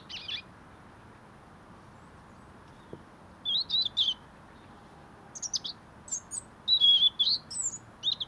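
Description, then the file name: European robin singing several separate high, thin phrases of slurred whistles and rapid tinkling notes, with a soft click between phrases. "Erithacus rubecula"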